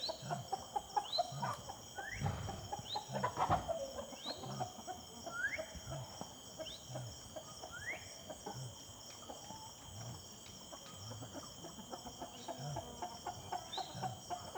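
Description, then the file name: Chicken: hens give quick, uneven clucks that peak around the third second, while insects drone steadily and a bird repeats short rising whistles. Evening ambience in the yard of the Simão Correa headquarters, with chickens and birds in the background, rural setting. "Ambiencia do Entardecer Quintal da Sede Simao Correa com Galinhas e Passaros ao Fundo"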